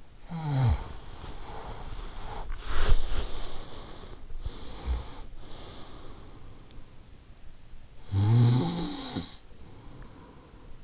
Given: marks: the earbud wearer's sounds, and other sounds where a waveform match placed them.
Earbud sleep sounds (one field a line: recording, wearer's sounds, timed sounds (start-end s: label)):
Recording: sounds in sleep by an in-ear microphone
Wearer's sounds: snoring breath, body movement, breath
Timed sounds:
0.00-2.84 s: snoring breath
1.92-4.08 s: body movement
2.55-4.41 s: breath
4.56-6.38 s: snoring breath
8.01-10.84 s: snoring breath